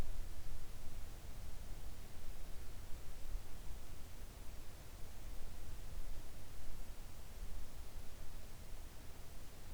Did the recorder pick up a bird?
no